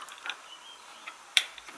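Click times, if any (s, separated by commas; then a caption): 1.4 s. A Kadee-style coupling is slotted into the plastic NEM pocket on an OO-gauge Hornby mineral wagon, with faint ticks and scrapes at about 0.3, 1.1 and 1.6 seconds. A sharp, positive click at 1.4 seconds shows the coupling is seated in the pocket.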